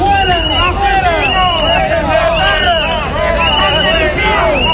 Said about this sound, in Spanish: El gobierno habla de saldar una deuda, algo que no ha gustado a muchos ciudadanos que recibieron con abucheos al ministro del Interior, Grande Marlaska, en un acto en Valladolid.